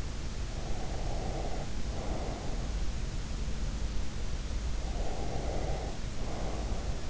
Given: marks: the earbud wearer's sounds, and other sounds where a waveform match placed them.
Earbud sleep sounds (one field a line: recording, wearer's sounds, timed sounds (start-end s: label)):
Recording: sounds in sleep by an in-ear microphone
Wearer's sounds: breath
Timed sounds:
0.51-2.65 s: breath
5.04-7.10 s: breath